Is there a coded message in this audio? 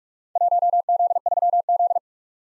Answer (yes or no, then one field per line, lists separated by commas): yes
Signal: Morse code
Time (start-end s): 0.4-2.0 s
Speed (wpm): 46 wpm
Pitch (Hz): 700 Hz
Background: none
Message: 1Z3Z